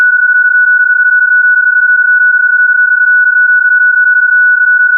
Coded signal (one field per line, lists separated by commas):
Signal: PSK31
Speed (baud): 31.25 baud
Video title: Digital Mode Revival - PSK31!!!